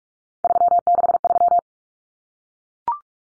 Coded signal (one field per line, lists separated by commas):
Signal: Morse code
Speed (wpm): 44 wpm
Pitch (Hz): 700 Hz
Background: none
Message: 363